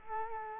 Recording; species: mosquito wingbeat signal from an infrared sensor; Culex quinquefasciatus